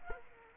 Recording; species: mosquito wingbeat signal from an infrared sensor; Culex quinquefasciatus